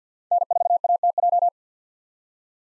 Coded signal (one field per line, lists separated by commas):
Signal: Morse code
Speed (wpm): 48 wpm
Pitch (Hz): 700 Hz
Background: none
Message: N4ATJ